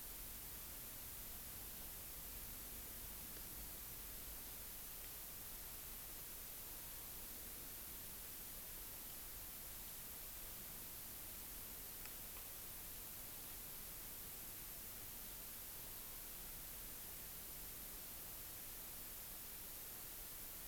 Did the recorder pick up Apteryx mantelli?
no